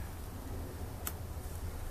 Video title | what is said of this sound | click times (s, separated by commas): 2stroke install | again push them in nice and hard till you hear a snap | 1.1 s